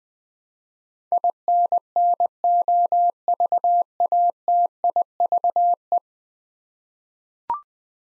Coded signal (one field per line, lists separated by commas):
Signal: Morse code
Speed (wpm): 20 wpm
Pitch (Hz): 700 Hz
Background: none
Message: INNOVATIVE